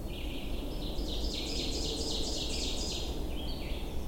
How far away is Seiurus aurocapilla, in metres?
about 45 m